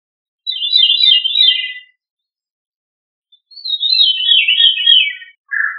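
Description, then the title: Thrush song in two warbled phrases, each under two seconds, separated by a pause of over a second, then a brief lower note. "Familia Turdidae - Sabia"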